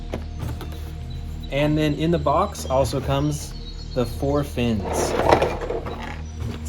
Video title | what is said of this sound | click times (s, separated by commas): 10 NEW Jurassic World Rebirth Dinosaur Toys Unboxed Today 2025 Mattel Dino Toys - Amazing Dinosaurs | Let's go ahead and attach the tail. And it just clicks right in. | 0.1 s